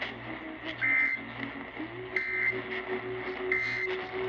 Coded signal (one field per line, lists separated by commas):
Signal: Emergency Alert System (SAME) tones